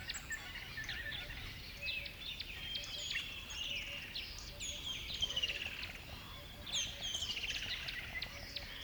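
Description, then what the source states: Birdsong chorus of sharp chirps, slurred whistles and twitters overlapping continuously, with a light background hiss. Birds on a river bed at dawn.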